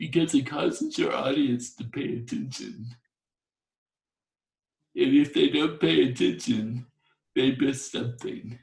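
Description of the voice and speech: Adult woman speaking with dystonic dysarthria due to torsional dystonia. Her voice is difficult to understand at first, and she has a hard time pronouncing certain words. Speech comes in short phrases separated by long pauses.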